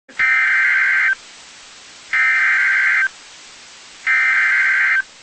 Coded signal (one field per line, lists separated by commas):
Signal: Emergency Alert System (SAME) tones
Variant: header bursts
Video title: EAS #116-119 (Four Severe Thunderstorm Warnings)